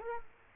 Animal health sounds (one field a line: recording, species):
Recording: mosquito wingbeat signal from an infrared sensor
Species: Culex quinquefasciatus